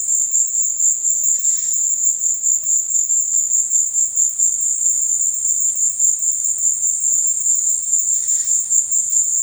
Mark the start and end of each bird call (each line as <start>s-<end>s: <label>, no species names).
1.36s-1.77s: bird call
8.12s-8.58s: bird call